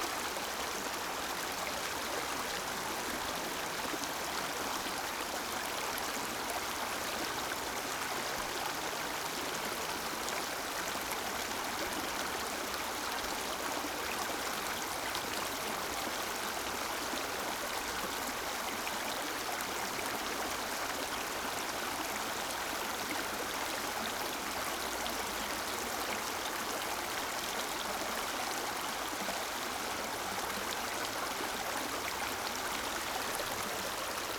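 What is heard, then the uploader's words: A trickling stream runs steadily throughout, its water forming a dense, even rush with a bright, splashing top and little low rumble. The flow is close and unchanging, with fine gurgles and droplets woven through the constant wash and no other sounds. Trickling Stream.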